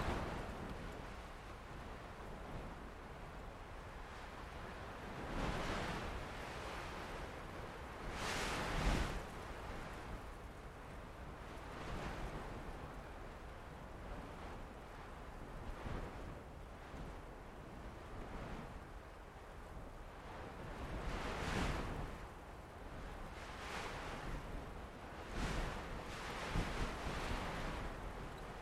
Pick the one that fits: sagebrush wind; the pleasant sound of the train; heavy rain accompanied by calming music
sagebrush wind